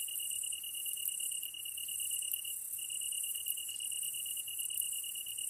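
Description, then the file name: Tree cricket trilling, a continuous even high tone with only brief dips, over a bright wash of higher insect buzzing. Kantan recorded together with ezotsuyumushi on 15 August 2010 at 22:39 at night, with a DH-D50. "kantan ezotuyumusi 20100815-2239"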